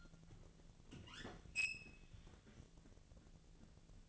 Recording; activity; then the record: daily activity, microphone in the room; open fridge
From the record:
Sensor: 4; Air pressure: 1000.9 hPa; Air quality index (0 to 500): 127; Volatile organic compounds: 1 ppm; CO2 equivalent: 952 ppm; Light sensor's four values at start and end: 31/74/31/34 and 28/68/28/31